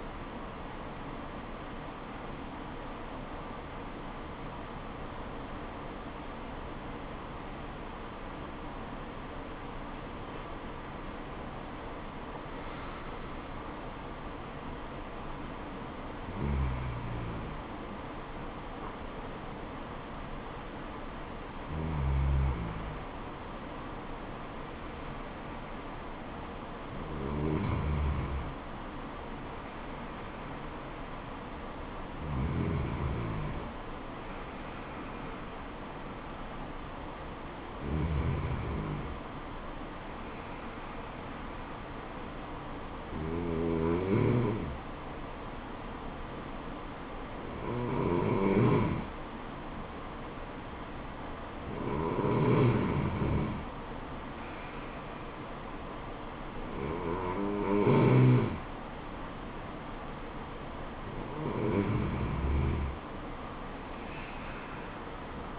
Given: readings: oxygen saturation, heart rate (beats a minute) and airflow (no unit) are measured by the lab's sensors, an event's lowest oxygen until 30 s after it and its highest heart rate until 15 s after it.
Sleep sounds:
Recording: breathing in sleep by a voice recorder at the bedside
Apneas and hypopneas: 1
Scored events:
6.00-60.80 s: hypopnea (N1, oxygen 96% highest, then 94% lowest, heart rate 80 at the start, 80 highest)
From the record:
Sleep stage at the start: N1 (lightest sleep)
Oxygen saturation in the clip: 94 to 96%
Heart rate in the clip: 67 to 85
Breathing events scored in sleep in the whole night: 426 in 7.4 hours asleep

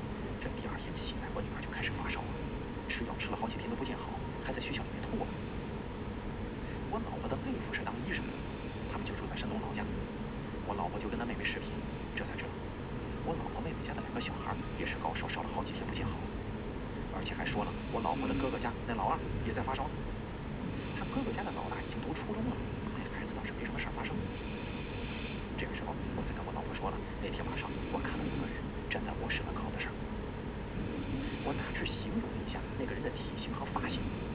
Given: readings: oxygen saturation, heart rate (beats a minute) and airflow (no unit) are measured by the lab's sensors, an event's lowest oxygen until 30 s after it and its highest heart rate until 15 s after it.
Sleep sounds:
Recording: breathing in sleep by a voice recorder at the bedside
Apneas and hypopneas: none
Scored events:
none scored
From the record:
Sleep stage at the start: N2 (light sleep)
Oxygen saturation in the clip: 92 to 93%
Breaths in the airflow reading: 10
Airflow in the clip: -1.2 to 1.5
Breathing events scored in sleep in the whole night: 335 in 6.7 hours asleep

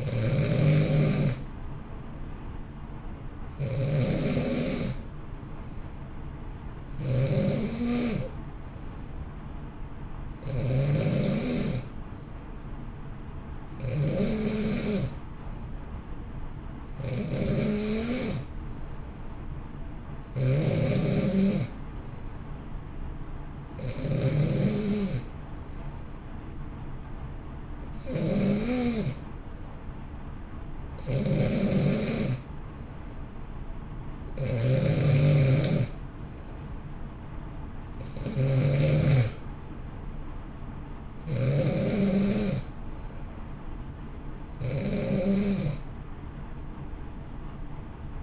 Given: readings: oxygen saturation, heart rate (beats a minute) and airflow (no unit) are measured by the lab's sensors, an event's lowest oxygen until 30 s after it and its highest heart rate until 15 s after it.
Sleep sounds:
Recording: breathing in sleep by a smartphone at the bedside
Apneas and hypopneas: none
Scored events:
21.00-48.23 s: new sleep stage, N3 (deep sleep)
From the record:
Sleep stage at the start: N2 (light sleep)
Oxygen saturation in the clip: 89 to 91%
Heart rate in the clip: 58 to 64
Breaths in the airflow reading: 14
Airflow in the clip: -1.0 to 1.3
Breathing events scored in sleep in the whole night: 328 in 6.3 hours asleep

